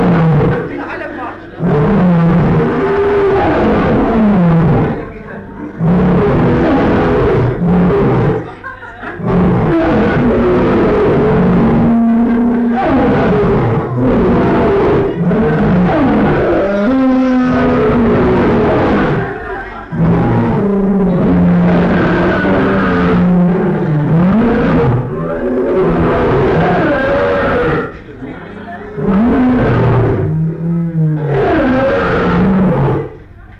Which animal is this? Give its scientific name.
Panthera leo